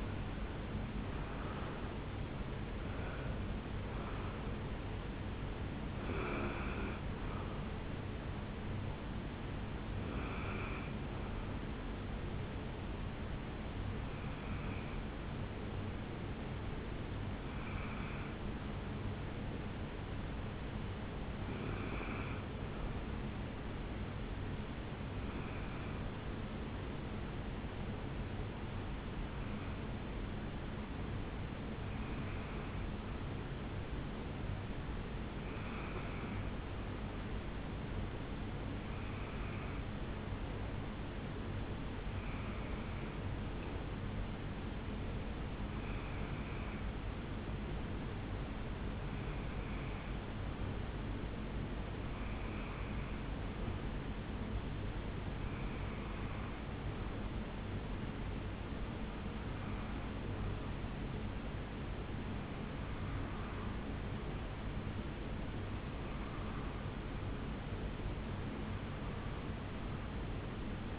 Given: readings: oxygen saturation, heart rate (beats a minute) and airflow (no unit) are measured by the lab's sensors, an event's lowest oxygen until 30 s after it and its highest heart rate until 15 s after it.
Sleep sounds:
breathing in sleep by a voice recorder at the bedside; 1
18.00-51.00 s: hypopnea (N1, oxygen 97% highest, then 91% lowest, heart rate 66 at the start, 71 highest)
From the record:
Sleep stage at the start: N1 (lightest sleep); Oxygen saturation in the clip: 76 to 97%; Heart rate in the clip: 66 to 82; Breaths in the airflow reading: 21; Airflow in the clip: -7.1 to 6.9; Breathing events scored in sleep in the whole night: 449 in 7.0 hours asleep

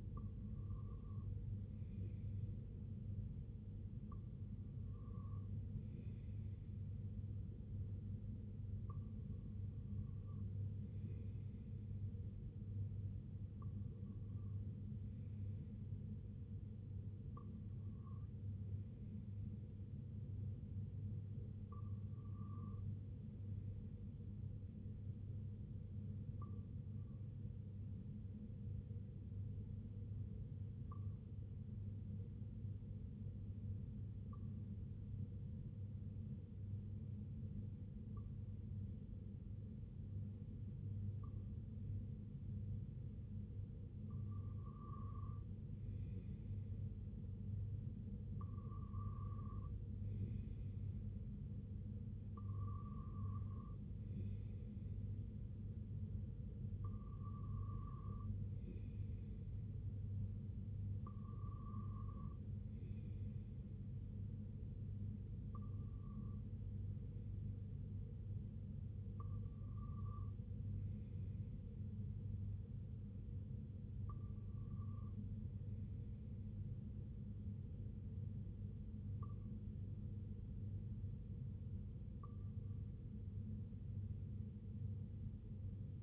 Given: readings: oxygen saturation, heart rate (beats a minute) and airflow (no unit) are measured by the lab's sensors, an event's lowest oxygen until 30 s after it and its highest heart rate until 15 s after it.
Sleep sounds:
breathing in sleep by a smartphone at the bedside; 1
6.00-86.03 s: new sleep stage, N2 (light sleep)
31.00-47.00 s: hypopnea (N2, oxygen 95% highest, then 91% lowest, heart rate 62 at the start, 70 highest)
From the record:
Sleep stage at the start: N1 (lightest sleep); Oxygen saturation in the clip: 91 to 95%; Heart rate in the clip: 59 to 70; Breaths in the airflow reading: 21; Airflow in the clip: -5.8 to 3.6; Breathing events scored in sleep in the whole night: 258 in 7.4 hours asleep

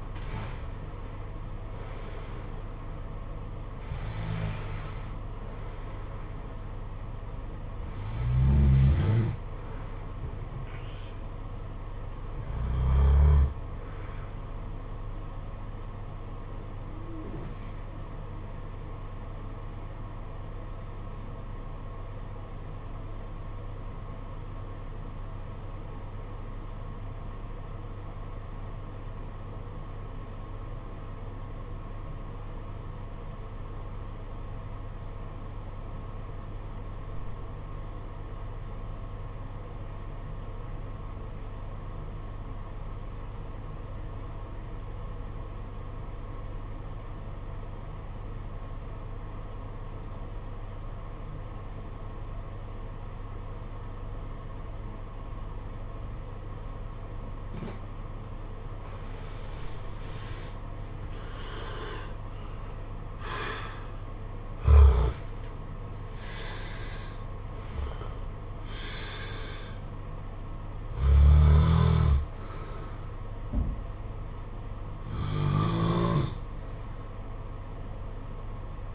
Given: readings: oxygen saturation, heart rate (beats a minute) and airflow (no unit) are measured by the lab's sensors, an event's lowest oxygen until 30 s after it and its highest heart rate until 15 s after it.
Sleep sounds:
breathing in sleep by a smartphone at the bedside; 1
19.00-59.60 s: obstructive apnea (REM, oxygen 96% highest, then 76% lowest, heart rate 48 at the start, 78 highest)
From the record:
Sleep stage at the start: REM sleep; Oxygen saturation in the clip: 77 to 96%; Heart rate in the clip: 48 to 78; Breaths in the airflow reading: 11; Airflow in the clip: -12.4 to 14.4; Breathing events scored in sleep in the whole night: 476 in 9.7 hours asleep

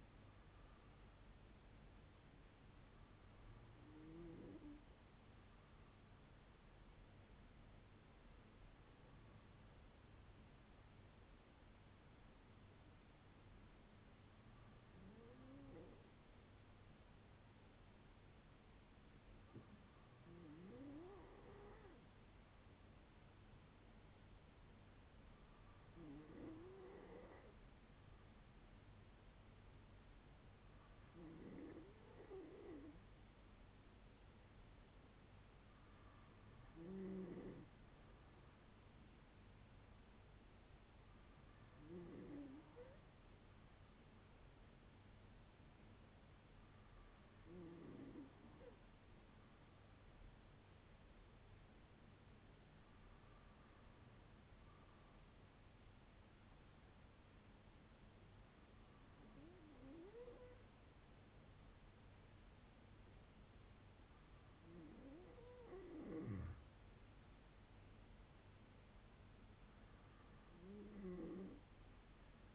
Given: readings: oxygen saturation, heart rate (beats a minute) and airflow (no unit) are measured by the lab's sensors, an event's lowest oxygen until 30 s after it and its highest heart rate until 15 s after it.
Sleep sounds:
breathing in sleep by a voice recorder at the bedside; 2
11.00-30.30 s: hypopnea (N2, oxygen 97% highest, then 95% lowest, heart rate 57 at the start, 59 highest)
53.00-67.90 s: hypopnea (N2, oxygen 96% highest, then 94% lowest, heart rate 55 at the start, 59 highest)
From the record:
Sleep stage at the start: N2 (light sleep); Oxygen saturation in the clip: 94 to 98%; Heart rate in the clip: 54 to 59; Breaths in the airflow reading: 15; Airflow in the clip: -5.8 to 7.4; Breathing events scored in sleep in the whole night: 182 in 7.4 hours asleep

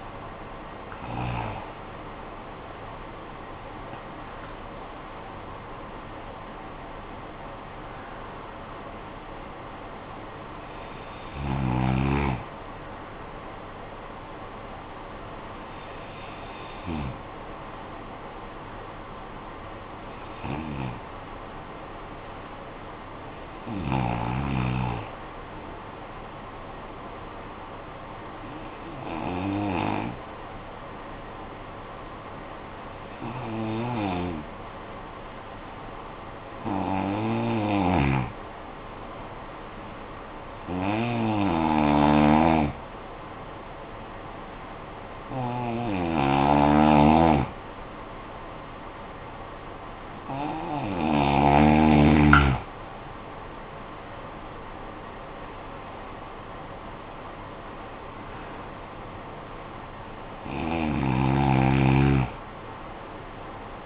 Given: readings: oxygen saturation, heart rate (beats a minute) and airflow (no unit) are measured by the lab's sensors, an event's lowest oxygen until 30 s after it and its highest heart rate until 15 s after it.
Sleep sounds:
breathing in sleep by a voice recorder at the bedside; 1
32.00-52.40 s: hypopnea (N1, oxygen 96% highest, then 90% lowest, heart rate 52 at the start, 62 highest)
52.00-63.86 s: new sleep stage, N2 (light sleep)
From the record:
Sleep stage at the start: N1 (lightest sleep); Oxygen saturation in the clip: 88 to 96%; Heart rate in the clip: 48 to 80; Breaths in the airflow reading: 14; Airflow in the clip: -11.9 to 13.2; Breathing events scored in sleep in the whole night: 445 in 7.6 hours asleep

